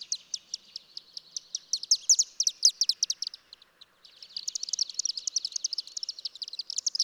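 Bird song, a fast run of very high, sharp repeated notes that pauses briefly, then resumes as a denser, buzzier trill.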